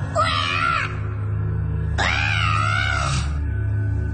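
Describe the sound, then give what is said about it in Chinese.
Two shrill, wavering screeches, each about a second long and separated by a short pause, ring out as a knife blade cuts into a spider's hairy head. They sound much like a cat's cry or a newborn baby's wail. A steady low hum continues underneath throughout. “呢啲刺耳嘅声音竟然听起身有啲似猫叫，或者系啱啱出世嘅 BB 仔嘅喊声。”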